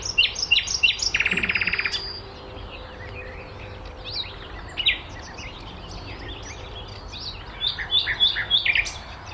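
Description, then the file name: Common nightingale sings sharp high notes and a quick rattling burst, goes quieter with a few scattered notes, then ends on a twittering phrase. "Luscinia megarhynchos"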